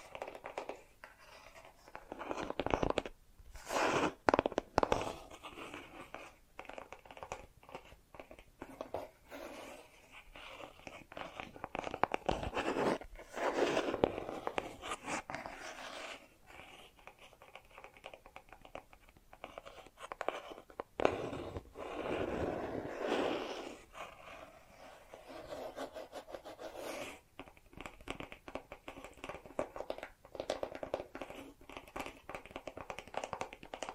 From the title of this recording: Bracelets and Jewelry Boxes